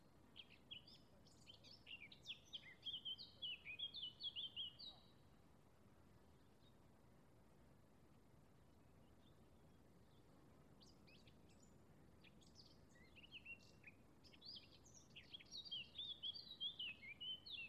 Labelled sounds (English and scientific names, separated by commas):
Eurasian Blackcap (Sylvia atricapilla) song